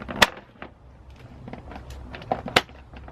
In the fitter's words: these three tabs should click into place and